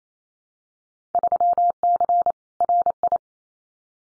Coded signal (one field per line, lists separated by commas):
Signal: Morse code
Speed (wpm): 28 wpm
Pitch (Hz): 700 Hz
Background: none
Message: 3C RI